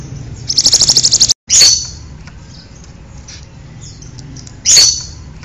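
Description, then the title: Bird: one high, fast trill from a bird, followed by two isolated sharp chirps about three seconds apart, quiet hum between. "kikicau"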